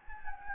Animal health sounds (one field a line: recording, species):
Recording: mosquito wingbeat signal from an infrared sensor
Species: Anopheles gambiae